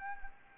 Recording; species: mosquito wingbeat signal from an infrared sensor; Anopheles arabiensis